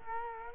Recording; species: mosquito wingbeat signal from an infrared sensor; Culex quinquefasciatus